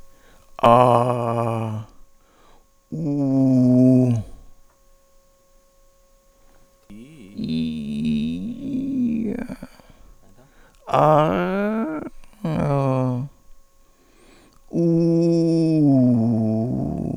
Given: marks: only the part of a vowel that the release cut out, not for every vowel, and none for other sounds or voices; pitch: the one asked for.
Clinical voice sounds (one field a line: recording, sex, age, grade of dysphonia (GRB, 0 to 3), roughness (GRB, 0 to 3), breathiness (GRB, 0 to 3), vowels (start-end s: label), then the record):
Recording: sustained vowels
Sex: male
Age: 60 to 69 years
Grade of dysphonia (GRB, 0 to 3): 3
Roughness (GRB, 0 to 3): 1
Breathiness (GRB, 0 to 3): 0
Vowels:
0.70-1.48 s: vowel /a/, low pitch
3.10-4.01 s: vowel /u/, low pitch
7.54-9.21 s: vowel /i/, low-high-low pitch
11.00-11.83 s: vowel /a/, low-high-low pitch
14.85-16.81 s: vowel /u/, low-high-low pitch
From the record:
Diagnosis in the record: central laryngeal movement disorder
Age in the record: 67 years